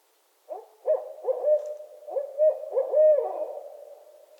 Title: Barred Owl Mating Season in Northern Michigan